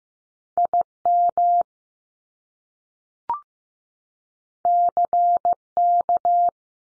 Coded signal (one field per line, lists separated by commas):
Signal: Morse code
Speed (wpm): 15 wpm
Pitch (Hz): 700 Hz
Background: none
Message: I MC K